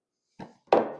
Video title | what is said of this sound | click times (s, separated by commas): Demo of how to assemble EOENVIVS storage bins (+ review) | Snap into place just like that. | 0.7 s